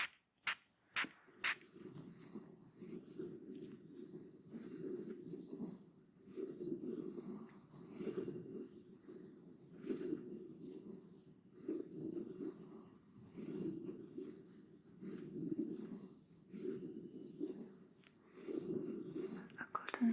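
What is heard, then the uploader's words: Ear massage sounds: after four sharp taps in the first second and a half, a low, muffled rubbing swells and fades in a steady rhythm about once a second. Faint crackly, scratchy bits ride on top of each stroke. Cleaning Deep in Your Ears Ear Massage.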